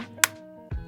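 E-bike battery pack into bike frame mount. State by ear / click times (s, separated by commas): seated / 0.2 s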